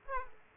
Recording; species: mosquito wingbeat signal from an infrared sensor; Aedes aegypti